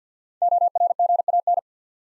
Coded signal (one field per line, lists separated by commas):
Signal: Morse code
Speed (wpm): 53 wpm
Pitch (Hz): 700 Hz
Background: none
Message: ORGAN